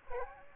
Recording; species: mosquito wingbeat signal from an infrared sensor; Aedes aegypti